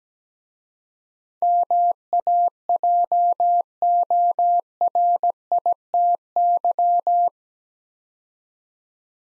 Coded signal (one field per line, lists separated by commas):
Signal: Morse code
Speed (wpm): 17 wpm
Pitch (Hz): 700 Hz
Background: none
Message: MAJORITY